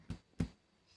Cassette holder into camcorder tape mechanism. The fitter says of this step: that will click into place that